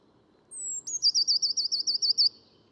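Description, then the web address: Eurasian blue tit call: a thin, very high note, then a rapid trill of about ten bright, evenly spaced notes lasting over a second; faint low background hum. "cianscape. Deverinetal"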